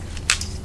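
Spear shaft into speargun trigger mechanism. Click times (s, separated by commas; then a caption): 0.3 s. A metal spear shaft is pushed back along the rail of a band speargun into the trigger mechanism, with faint ticks just before and after. A sharp, bright click at 0.3 s marks the shaft latching in place. The spear is seated in the trigger mechanism, and then the safety is put on.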